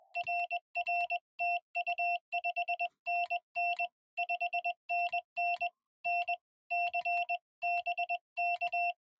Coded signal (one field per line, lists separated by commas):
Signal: Morse code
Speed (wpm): 20 wpm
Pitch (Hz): 710 Hz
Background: none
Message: RR TU 5NN 5NN N C BK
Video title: Parks On The Air (POTA) at the Tuckertown access area below the Highrock Lake Dam